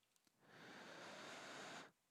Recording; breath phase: one breath near a microphone; inhalation